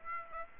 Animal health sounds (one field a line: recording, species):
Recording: mosquito wingbeat signal from an infrared sensor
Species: Aedes aegypti